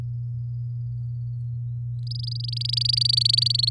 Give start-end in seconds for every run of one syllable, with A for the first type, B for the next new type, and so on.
2.07-3.69 A